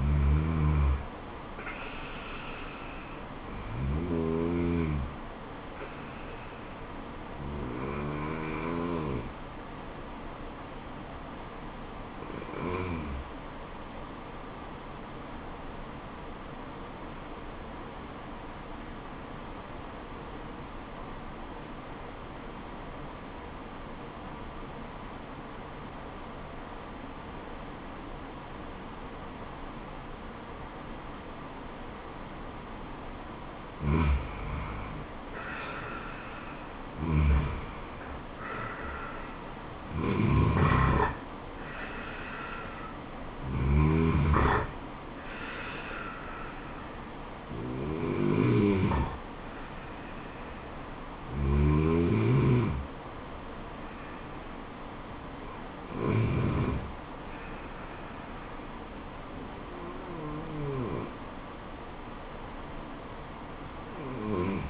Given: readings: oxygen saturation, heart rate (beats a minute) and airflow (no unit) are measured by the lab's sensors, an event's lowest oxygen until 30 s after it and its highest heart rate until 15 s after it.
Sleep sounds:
breathing in sleep by a voice recorder at the bedside; 1
18.00-35.40 s: obstructive apnea (N2, oxygen 96% highest, then 86% lowest, heart rate 73 at the start, 76 highest)
From the record:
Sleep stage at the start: N2 (light sleep); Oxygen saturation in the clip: 86 to 96%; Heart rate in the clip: 66 to 76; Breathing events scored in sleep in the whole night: 426 in 7.4 hours asleep

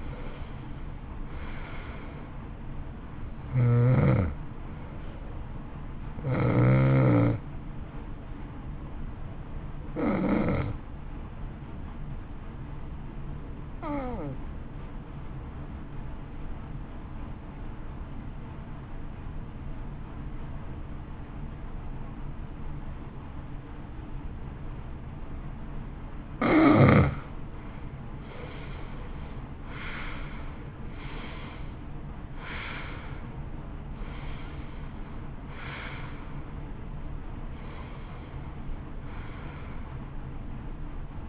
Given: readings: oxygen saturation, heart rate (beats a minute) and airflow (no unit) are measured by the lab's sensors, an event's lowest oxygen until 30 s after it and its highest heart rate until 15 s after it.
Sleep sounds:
breathing in sleep by a smartphone at the bedside; 1
15.00-27.40 s: obstructive apnea (N2, oxygen 93% highest, then 78% lowest, heart rate 54 at the start, 65 highest)
15.00-41.29 s: new sleep stage, N2 (light sleep)
From the record:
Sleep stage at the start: N1 (lightest sleep); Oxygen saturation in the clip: 81 to 93%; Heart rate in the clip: 54 to 65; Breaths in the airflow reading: 9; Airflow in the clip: -17.4 to 14.6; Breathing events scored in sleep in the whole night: 328 in 6.3 hours asleep

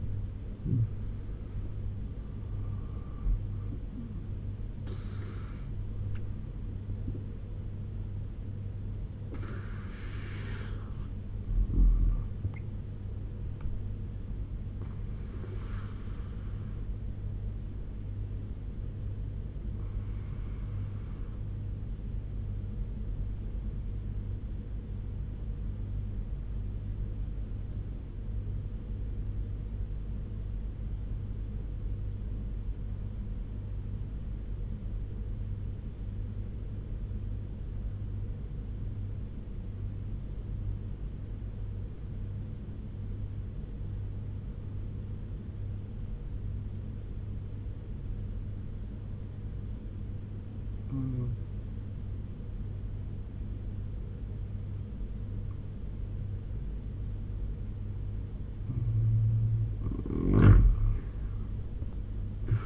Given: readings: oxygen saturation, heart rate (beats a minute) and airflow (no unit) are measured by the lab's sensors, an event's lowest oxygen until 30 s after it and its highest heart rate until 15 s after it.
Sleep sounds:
breathing in sleep by a smartphone at the bedside; 1
19.00-53.70 s: obstructive apnea (N2, oxygen 98% highest, then 88% lowest, heart rate 83 at the start, 88 highest)
From the record:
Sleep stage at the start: N2 (light sleep); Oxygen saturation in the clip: 84 to 98%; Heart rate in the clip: 71 to 93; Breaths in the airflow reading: 4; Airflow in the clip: -11.6 to 10.3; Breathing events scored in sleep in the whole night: 201 in 6.5 hours asleep

